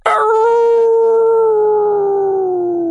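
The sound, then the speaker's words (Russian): A single long, loud wolf howl holds one sustained, tonal note that sags slowly downward in pitch over about three seconds, with no voices present. “Завыл царь волчьего племени и шагнул вперед.”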